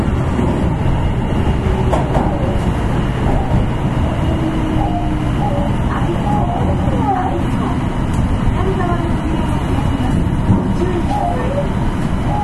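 A Kitakyu 9000 series subway train on the Midosuji Line makes a steady, dense low rumble that holds level for the whole twelve seconds. Faint whining tones and brief clanks sit above the roar, with murmured voices now and then.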